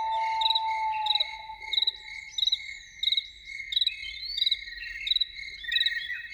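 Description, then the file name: Loon giving a long, steady wail that slowly fades away, while insects keep up a rapid rhythmic chirping throughout. Evening. "Evening with Loons"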